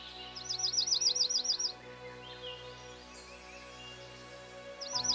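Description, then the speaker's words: Dark-eyed Junco song: a rapid, even trill of repeated high chirps lasting just over a second, then starting again near the end; faint background hum. Male singing at dawn in May during breeding season, in lush forest at Mountain Lake, Virginia; the song signals ownership of territory. "male dark-eyed junco is up at dawn, singing defiantly. His song signals the ownership of territory."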